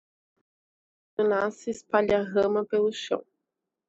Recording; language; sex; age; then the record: short text; Brazilian Portuguese; female; 20 to 29 years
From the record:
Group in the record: control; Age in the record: 27 years